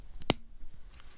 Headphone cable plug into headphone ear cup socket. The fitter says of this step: it snaps in place now we're going to go ahead and steal jesus's s4 galaxy and take a listen to some techno